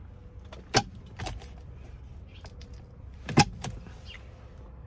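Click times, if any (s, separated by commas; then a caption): 0.8 s, 3.4 s. A driver airbag module is lined up, centred on a new updated M Sport steering wheel in an F25 BMW X3, and pressed in so its two spring clips, one on each side, go into their mounting points. Two sharp clicks are heard at 0.8 s and 3.4 s, with softer taps and rustling around them. Both clips snap in and the airbag module is seated.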